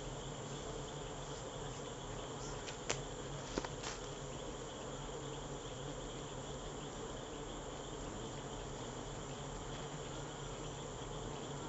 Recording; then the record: honeybee defence experiment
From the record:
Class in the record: control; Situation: empty test tube, no live specimens